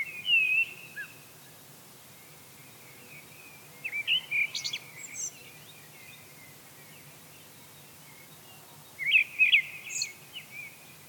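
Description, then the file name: Eurasian blackbird giving three short, rather quiet song phrases: soft fluted notes with scratchy high twitters, separated by several seconds of quiet. "Turdus merula"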